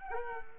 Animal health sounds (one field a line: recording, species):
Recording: mosquito wingbeat signal from an infrared sensor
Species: Culex quinquefasciatus